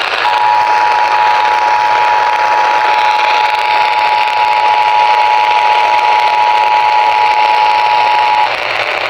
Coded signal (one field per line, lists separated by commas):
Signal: Emergency Alert System (SAME) tones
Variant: 853 and 960 Hz attention tone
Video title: Marginal Risk Has Gone Wrong EAS Alerts from 7/10/2026 (EAS #1086-1119)